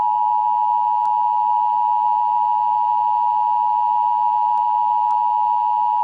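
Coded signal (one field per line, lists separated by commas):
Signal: Emergency Alert System (SAME) tones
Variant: 853 and 960 Hz attention tone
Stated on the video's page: Indianapolis tornado warning recorded live from Verizon FIOS television.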